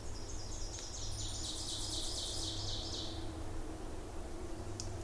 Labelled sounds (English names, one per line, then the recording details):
Ovenbird song
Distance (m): 60 m
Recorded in boreal forest in Alberta, Canada, on 26 May 2016 at 08:13
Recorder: SongMeter 3, array SBT-3-15
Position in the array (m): 53 m, 223 m
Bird 20